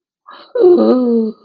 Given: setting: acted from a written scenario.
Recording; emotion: vocal sound without words; awe